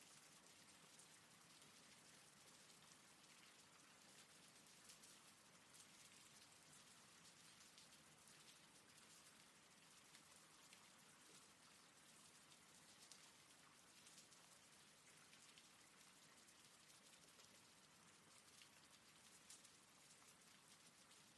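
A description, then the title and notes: Rain falls steadily throughout, a dense, even hiss of countless drops with a bright, crackling top. Faint individual patters flicker within the wash, but the level barely changes from start to finish, with no other sounds breaking through. RAIN SOUNDS.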